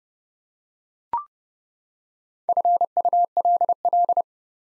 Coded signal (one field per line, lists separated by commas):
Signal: Morse code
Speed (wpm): 32 wpm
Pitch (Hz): 700 Hz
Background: none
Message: FULL